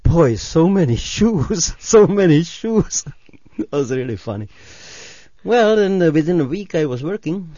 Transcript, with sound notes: "Boy, so many shoes, so many shoes." ( he laughs ) It was really funny. Well, within a week I was working.